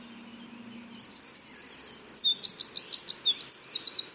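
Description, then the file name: Eurasian wren song: a rapid, high-pitched outpouring of sharp notes and fast trills, loud and continuous for about three and a half seconds after a quiet start. "Troglodytes troglodytes"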